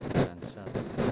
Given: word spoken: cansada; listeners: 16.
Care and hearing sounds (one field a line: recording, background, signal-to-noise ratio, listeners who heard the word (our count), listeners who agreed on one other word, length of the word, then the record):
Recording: one Spanish word in noise, from a listening test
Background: noise modulated by one talker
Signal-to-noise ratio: -12.8 dB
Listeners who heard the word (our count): 0 of 16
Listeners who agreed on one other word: 11 of 16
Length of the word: 0.72 s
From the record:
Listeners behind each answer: 11, 2, 1, 1, 1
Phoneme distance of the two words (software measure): 10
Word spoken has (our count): 3 syllables, 7 phonemes, stress on syllable 2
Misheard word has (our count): 3 syllables, 7 phonemes, stress on syllable 2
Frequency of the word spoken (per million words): 8.06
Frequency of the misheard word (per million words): 17.79